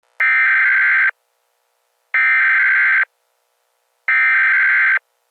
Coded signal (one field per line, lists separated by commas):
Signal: Emergency Alert System (SAME) tones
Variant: header bursts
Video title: EAS scenario #3 jimi.exe